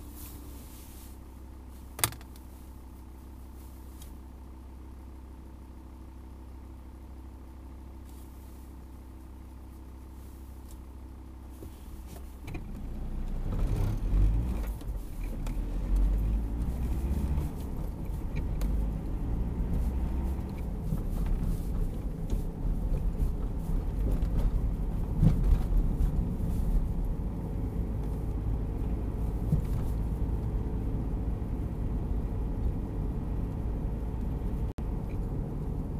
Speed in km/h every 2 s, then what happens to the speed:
0, 0, 0, 0, 0, 0, 0, 12, 19, 28, 35, 36, 35, 37, 39, 38, 38, 38.
0-12 standing. 12-20 pulls away to 35. 20-36 steady at about 37.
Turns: none.